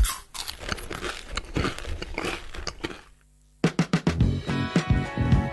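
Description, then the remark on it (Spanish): Crisp, crackly crunching of ketchup-flavoured Snaco potato chips comes in dense bursts, broken by a brief silence, then a few sharp loud crunches resume with a faint tonal hum beneath. “Papas fritas y ketchup. Todo lo que está bien en un solo mordisco.”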